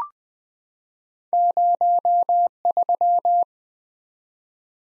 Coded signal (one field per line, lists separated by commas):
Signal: Morse code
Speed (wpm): 21 wpm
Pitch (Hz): 700 Hz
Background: none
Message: 03